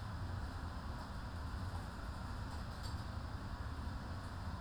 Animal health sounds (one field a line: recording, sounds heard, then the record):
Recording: poultry house recording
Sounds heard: no chicken sound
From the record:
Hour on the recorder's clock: 15